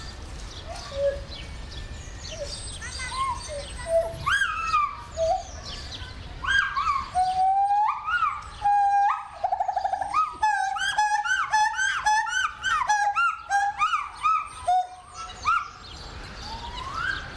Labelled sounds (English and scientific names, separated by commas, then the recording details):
Pileated Gibbon (Hylobates pileatus)
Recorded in captivity
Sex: male
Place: Zoo Berlin, Berlin, DE
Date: 1996-04-06 12:50
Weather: heiter, 10 - 16 °C
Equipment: Sony MD-WM MZ-R3, Sennheiser MKH 416 T, Kopie Uher 4000 Report Monitor
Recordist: Tembrock, Günter